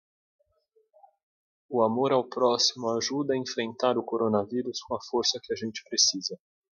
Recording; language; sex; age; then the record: spoken sentence; Brazilian Portuguese; male; 20 to 29 years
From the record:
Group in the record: control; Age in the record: 28 years